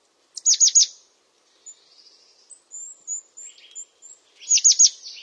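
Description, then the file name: European crested tit song: a quick burst of three sharp descending notes, a run of thin high whistles, then another sharp burst. "Canto do chapim de crista"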